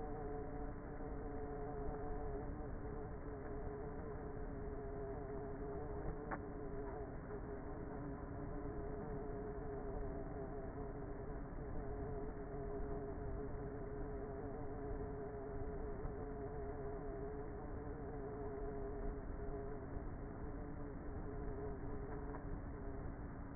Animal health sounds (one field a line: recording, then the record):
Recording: honeybee colony, microphone inside the hive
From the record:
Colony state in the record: queenless with a low population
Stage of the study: before two queens were removed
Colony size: about 30,000 bees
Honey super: no